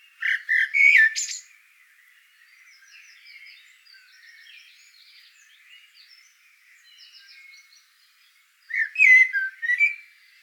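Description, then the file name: Eurasian blackbird song: a loud fluty phrase ending in squeaks, several seconds of soft twittering, then another loud warbled phrase. "Turdus merula"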